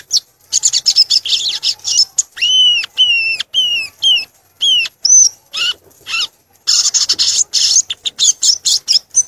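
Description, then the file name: Violaceous euphonia song: high scratchy chatter, then a repeated series of arched, falling whistles with overtones, then more rapid twittering. "canto do gaturamo verdadeiro"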